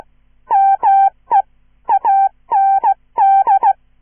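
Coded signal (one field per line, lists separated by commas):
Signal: Morse code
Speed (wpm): 16 wpm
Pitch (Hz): 790 Hz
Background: none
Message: ME AND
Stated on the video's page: Hand-sent Morse with a Czech straight key, an original horror short story for listen-and-copy practice, recorded in one take with errors corrected by ERROR prosign.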